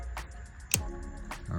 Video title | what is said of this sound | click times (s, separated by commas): NEW Digital Cluster Speedometer by @kingofcarbonfiber 2018-24 Camry's Installation/Review | All right. You heard the click. | 0.7 s